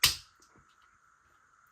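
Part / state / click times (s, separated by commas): blowback unit into airsoft pistol slide / seated / 0.0 s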